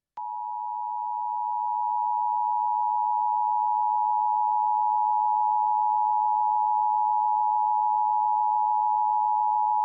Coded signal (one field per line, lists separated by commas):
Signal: Emergency Alert System (SAME) tones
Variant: 853 and 960 Hz attention tone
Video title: EAS East Central Michigan Required Monthly Test WCEN-FM Saginaw, MI +WeatherSTAR4000 September 2020